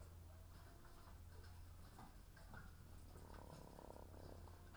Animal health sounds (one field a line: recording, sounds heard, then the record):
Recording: poultry house recording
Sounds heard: sick chickens (respiratory disease)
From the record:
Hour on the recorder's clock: 17